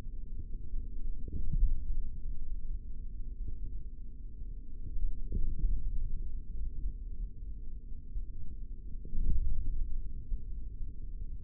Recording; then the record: forearm muscle sounds (acoustic myography)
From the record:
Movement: forearm supination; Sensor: system 3, bracelet of six PUI Audio POM-2738L microphones around the upper forearm, with dedicated amplification and filtering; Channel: 4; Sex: male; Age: 23 years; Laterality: right